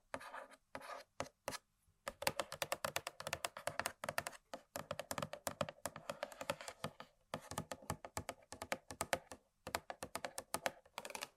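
Rapid, uneven tapping on objects, sharp clicking strikes in dense bursts like typing, with brief pauses near two, seven and nine seconds.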